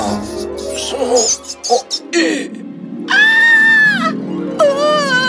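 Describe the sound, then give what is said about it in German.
Rats squeaking and shrieking: a flurry of short, chirpy squeaks gives way to two long, piercing, high-pitched shrieks, loud and held for about a second each. “Sie waren sogar in Besprechungszimmern und störten die Gespräche mit ihrem Quietschen und Kreischen.”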